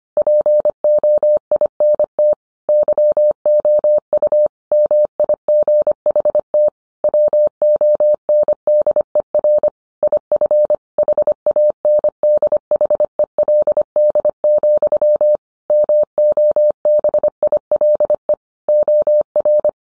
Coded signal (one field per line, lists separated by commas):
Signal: Morse code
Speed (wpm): 25 wpm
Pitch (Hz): 600 Hz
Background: none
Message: POINT YOU MIGHT WONDER IF HANDHELD, MOBILE OR